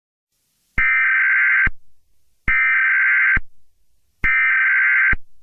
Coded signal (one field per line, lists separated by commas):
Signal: Emergency Alert System (SAME) tones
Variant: header bursts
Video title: EAS Scenario #6: Behind The Reflection